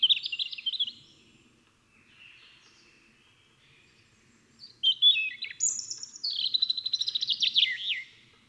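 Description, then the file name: European robin song, a brief warbled phrase, a soft low-level interval, then a long rich phrase with high whistles and a fast stuttering trill. "Erithacus rubecula"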